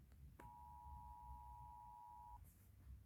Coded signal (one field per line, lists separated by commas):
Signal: Emergency Alert System (SAME) tones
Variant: 853 and 960 Hz attention tone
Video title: Rating Emergency alert systems from all contruys.(Part 1)